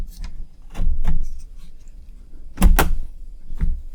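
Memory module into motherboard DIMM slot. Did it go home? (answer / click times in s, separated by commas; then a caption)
yes / 2.6 s, 2.8 s. A second DDR5 memory stick is pressed down into a motherboard DIMM slot until the retention lever latches. After some soft handling sounds and scrapes, a sharp double click is heard at 2.6 s and 2.8 s, and the module is seated in place.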